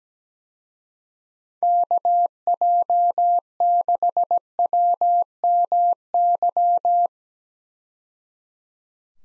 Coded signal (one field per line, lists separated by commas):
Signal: Morse code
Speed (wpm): 17 wpm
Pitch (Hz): 700 Hz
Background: none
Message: KJ6WMY